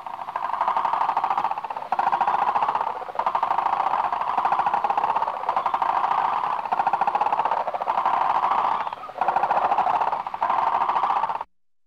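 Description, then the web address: Frog croaking in a rapid, buzzy pulsed trill, delivered in long bouts of one to several seconds separated by brief pauses, repeated steadily throughout. "frogs african croaking animal amphibian"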